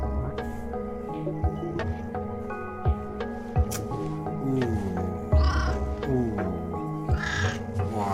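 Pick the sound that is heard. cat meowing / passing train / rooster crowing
cat meowing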